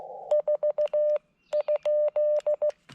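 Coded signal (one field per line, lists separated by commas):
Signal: Morse code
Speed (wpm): 16 wpm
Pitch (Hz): 590 Hz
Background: none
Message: 4?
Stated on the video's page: CW POTA activation at a state forest using an FX-4CR at 5 watts with Emtech ZM-2 tuner, 41-foot random wire and 17-foot counterpoise.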